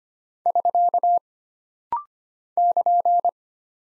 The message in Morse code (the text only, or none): <SK> <KN>